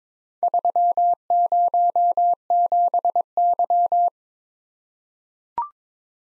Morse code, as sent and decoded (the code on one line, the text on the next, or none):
...-- ----- --... -.--
307Y